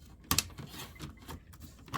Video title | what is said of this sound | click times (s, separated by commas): fixing my laptop, DVD experiment | This snaps back in place. | 0.3 s, 0.4 s